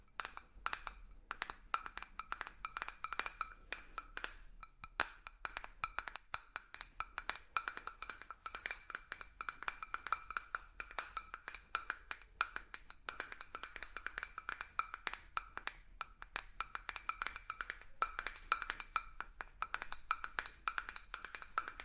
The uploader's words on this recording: Ear To Ear Relaxing Tapping on Different Objects（No Talking）.